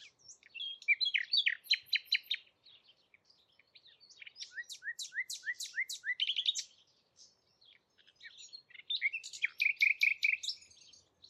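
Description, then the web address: Bird song in three bursts of rapid, high, varied notes, with quiet pauses between. "cianscape birddata Deverinetal 2025 Bird Only"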